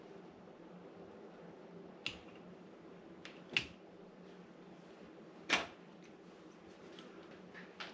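A small metal part, likely a piston clip, is fitted during a ground-up rebuild of a Honda CR125 engine, with a click at 3.6 s among several other sharp taps and clicks over a steady low background hum. The part is only half seated, with the final push to click it home still to come.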